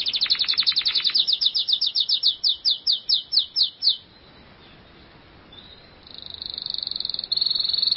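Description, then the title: Canary song starting with a rapid rattling trill that slows into clear descending whistled notes, a short pause, then two high buzzy rolls. "Kenari"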